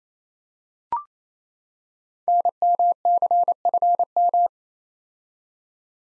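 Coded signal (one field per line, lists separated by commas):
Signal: Morse code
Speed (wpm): 27 wpm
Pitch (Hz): 700 Hz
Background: none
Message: NMCFM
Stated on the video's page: Morse code practice drill of five-letter code groups at 28 wpm, each group sent, spoken, then sent again.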